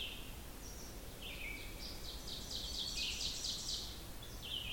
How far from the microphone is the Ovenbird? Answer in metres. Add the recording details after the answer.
about 40 m. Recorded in boreal forest in Alberta, Canada, on 16 June 2016 at 05:03. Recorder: SongMeter 3, array SBT-3-32. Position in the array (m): 104 m, 5 m. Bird 36